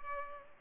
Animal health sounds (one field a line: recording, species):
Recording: mosquito wingbeat signal from an infrared sensor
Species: Culex pipiens